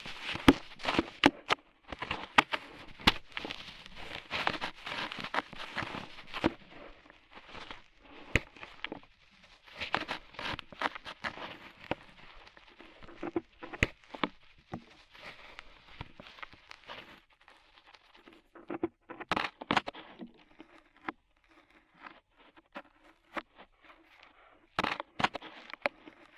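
Ear cleaning with rhinestones and clay being removed, made of dense crackly scratching and sharp tapping clicks. The sounds come in rapid bursts, thick at first and thinning out after about fifteen seconds into scattered pops and brief scrapes, with a faint low hum underneath.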